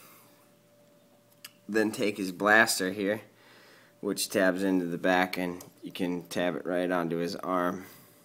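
A plastic blaster accessory is handled next to the arm of a Transformers Prime Bumblebee First Edition action figure, with the blaster meant to tab into the back and onto the arm. Faint handling ticks come at about 1.3 and 1.5 seconds, then someone talks over quiet background noise. The blaster has not yet snapped into place; nothing has seated or clicked by the end.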